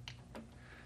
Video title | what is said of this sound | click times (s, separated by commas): How to replace 07-13 Silverado Headlights | you plug in your master plug for the harness make sure you hear it click and pull | 0.1 s